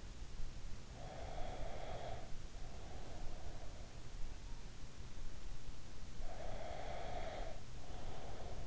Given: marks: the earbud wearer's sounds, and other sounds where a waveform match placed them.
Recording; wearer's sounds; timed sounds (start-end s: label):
sounds in sleep by an in-ear microphone; breath
0.90-2.53 s: breath
6.22-8.67 s: breath